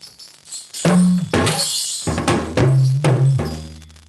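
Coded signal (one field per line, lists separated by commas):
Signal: talking drum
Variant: Yoruba dùndún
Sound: about four ringing drum strokes with low pitch slightly bending, bright jingly rattle over them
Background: live performance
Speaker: so now let me do the talking drum to cause some names but before I do that the talking drum is will to wake on you like I said earlier on we used talking drum drum mimics the language and interprets human voices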